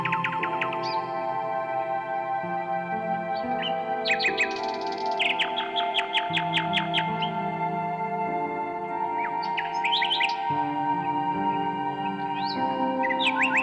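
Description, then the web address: Common nightingale song: bursts of rapid repeated upslurred notes and sharp whistles, separated by pauses, over steady layered droning tones that shift in pitch. "Circlesandlines recordings. h wialenove - nightingale song"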